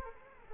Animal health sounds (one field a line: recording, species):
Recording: mosquito wingbeat signal from an infrared sensor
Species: Culex quinquefasciatus